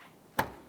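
The lower end socket of a new liftgate glass gas lift support on a 2002–2009 Chevrolet Trailblazer is lined up and pressed onto its ball stud on the liftgate. One sharp snap sounds at 0.4 s against a quiet background, then fades quickly. The support end is seated on the ball stud.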